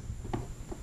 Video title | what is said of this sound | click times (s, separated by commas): Stuck on Apple Logo on Startup Simple Fix/ Easy iPhone Fix Tutorial for the death of Apple Logo | and then it will snap in place | 0.3 s